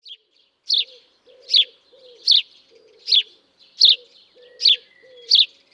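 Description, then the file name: House sparrow giving sharp, bright chirps, repeated at a steady pace. "Passer domesticus"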